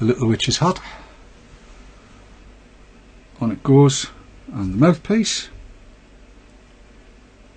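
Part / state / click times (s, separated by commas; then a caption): mouthpiece onto e-cigarette cartridge / not seated / none. A plastic mouthpiece, or drip tip, is handled as it is about to be pushed onto an e-cigarette cartridge or atomizer. Someone talks in three short bursts with quiet stretches between them. Nothing has seated or clicked yet.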